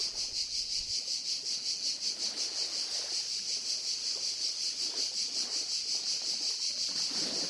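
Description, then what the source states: Cicadas sing a continuous high, hissing buzz with rapid steady pulsing throughout; a low hum is heard briefly at the start. Cicadas stridulating, played back from a video; a listener comment places it at Le Lavandou and another identifies the species heard as Cicada orni.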